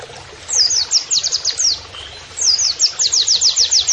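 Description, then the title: Oriental white-eye song: high, fast series of sharp downslurred notes in two bursts, with a soft low hum underneath. Canary-like singing (kenarian), used in masteran training to teach song to caged birds; a vigorous (gacor) singer. "Pleci Gacor. MASTERAN PLECI NEMBAK KENARIAN"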